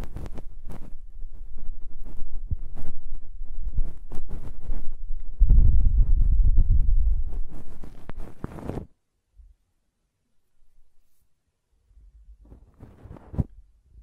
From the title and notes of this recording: ASMR Ear Cleaning and Blowing (No Talking).